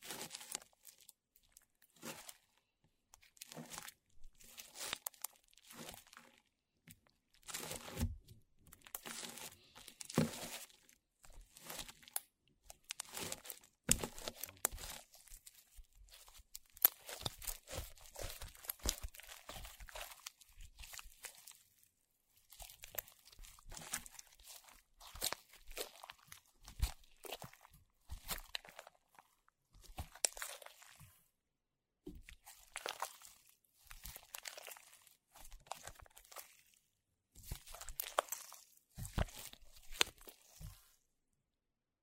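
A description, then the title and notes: Slime being squeezed and worked, giving a steady run of wet crackles, pops and crunchy snaps. The sounds come in quick irregular bursts throughout, some sharp and bright, with brief quiet gaps between clusters and a few louder pops around the middle. 史萊姆｜Slime.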